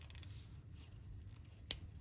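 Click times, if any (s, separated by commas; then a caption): 1.7 s. After cleaning and drying the mass air flow sensor on a 2010 Subaru Forester (3rd Gen), its wiring connector is pushed back into the sensor socket in the intake. Over a low, steady background rumble, a single sharp, loud click sounds at 1.7 s, and the connector is seated.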